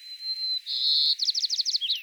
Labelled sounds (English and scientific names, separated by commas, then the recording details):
White-crowned Sparrow (Zonotrichia leucophrys) song
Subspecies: nuttalli
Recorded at Bonny Doon, California, in 2014
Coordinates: 36.999, -122.179
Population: admixed
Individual BODU_male978_14